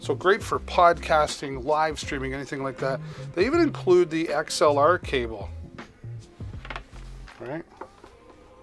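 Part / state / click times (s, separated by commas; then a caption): XLR cable into studio microphone socket / not seated / none. Someone talks during a livestream demo while handling an XLR cable that was popped out of a studio microphone and is being brought back to the mic's socket. Short handling taps are heard around 6.7, 7.3 and 7.8 seconds as the talking trails off. The clip ends before the cable goes home; nothing has seated or clicked yet.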